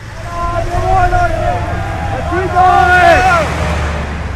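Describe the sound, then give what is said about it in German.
Several agitated voices of insurgents in a training exercise shout and yell over one another, threatening with clubs as stones fly at a passing convoy, rising and falling in pitch, above a steady low rumble of engine and wind noise. “Die Aufständischen schreien und drohen mit Knüppeln, Steine fliegen, Training für den Ernstfall, von dem alle wissen, dass er in Afghanistan jederzeit eintreten kann.”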